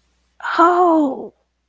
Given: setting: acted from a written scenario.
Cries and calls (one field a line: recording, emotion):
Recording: vocal sound without words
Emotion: realization